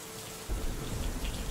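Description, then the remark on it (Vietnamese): Steady rain pours down in a dense, hissing wash that swells louder after a quieter first half-second, with a low rumbling undertone and no voices. “Mái tóc của mẹ đọng những hạt mưa lóng lánh.”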